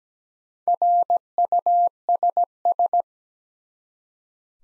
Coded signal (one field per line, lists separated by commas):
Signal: Morse code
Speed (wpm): 17 wpm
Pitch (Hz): 700 Hz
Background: none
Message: RUSS